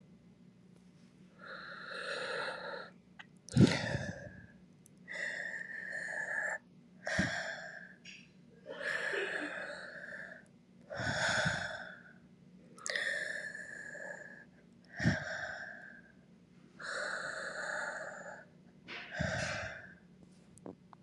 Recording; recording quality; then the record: deep breathing; excellent, no background noise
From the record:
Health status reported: COVID-19 positive, mild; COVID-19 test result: positive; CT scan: not taken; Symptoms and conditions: cough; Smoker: no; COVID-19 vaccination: both doses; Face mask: not worn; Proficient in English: yes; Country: United States